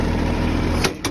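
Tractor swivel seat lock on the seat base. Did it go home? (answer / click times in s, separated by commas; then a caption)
yes / 0.8 s, 1.0 s. The swivel seat on a Branson 2610h tractor fitted with a BH100 backhoe is spun around to face the backhoe and back, with a steady engine hum underneath. The lock on the seat base latches with short metallic clicks at 0.8 s and 1.0 s, seating the seat in position.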